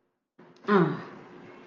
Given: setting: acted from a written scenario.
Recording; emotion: vocal sound without words; serenity